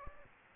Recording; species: mosquito wingbeat signal from an infrared sensor; Aedes albopictus